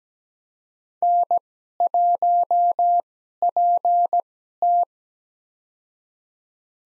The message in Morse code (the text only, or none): N1PT